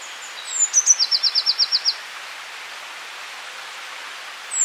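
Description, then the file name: Eurasian blue tit song: high thin introductory notes sliding down into a brisk trill. A new phrase just begins at the end. "Cyanistes caeruleus"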